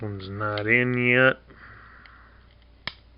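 Someone talks while a body section of a Transformers Kingdom Dinobot toy, not yet in, is pressed onto its second plastic connection post. After a few faint ticks, a single sharp snap at 2.9 s marks the peg clicking in, and the body section is seated and locked in.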